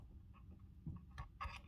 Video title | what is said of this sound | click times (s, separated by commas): Part 11 Tamiya TT02D build #Tamiya #tt02 #1stRCbuild | sure you get that snap | 1.2 s